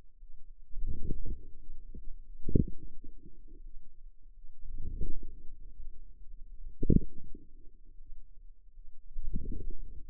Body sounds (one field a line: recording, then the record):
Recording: forearm muscle sounds (acoustic myography)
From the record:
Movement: outward rotation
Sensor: system 2, bracelet of six BSWA MPA416 microphones around the upper forearm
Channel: 2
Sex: female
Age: 23 years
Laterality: right